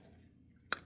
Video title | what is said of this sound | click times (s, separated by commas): VW keyfob died suddenly - NOT a battery issue. | and I'm gonna snap it in like this. | 0.7 s